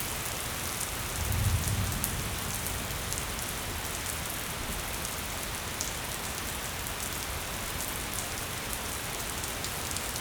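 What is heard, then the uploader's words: Light rain falls steadily, a dense, even hiss with crisp drops ticking over it. About a second and a half in, a brief low rumble of distant thunder swells softly and fades, leaving the rain unchanged for the rest. Light Rain Distant Thunder.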